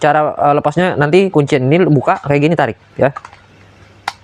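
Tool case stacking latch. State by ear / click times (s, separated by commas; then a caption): released / 4.1 s. Someone talks while opening the lock latch on the stacked plastic tool case of a TOTAL TCKLI1638 16V 3-in-1 kit so the cases can be separated. After a short pause, the latch gives a single sharp snap at 4.1 s as it releases.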